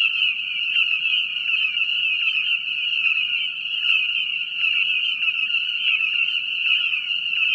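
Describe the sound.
Frog calling nonstop with a high, trilling sound, accompanied by repeated lower clicking pulses.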